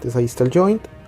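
Someone talks while handling an action figure, holding the official figure's plastic head up to the neck joint of an unofficial body. Nothing has seated or clicked yet in this clip.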